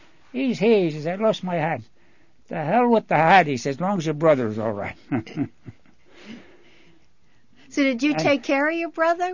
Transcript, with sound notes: "He's here," I says. "I lost my hat." "To hell with the hat." He says, "As long as your brother's all right." ( he laughs )
So did you take care of your brother?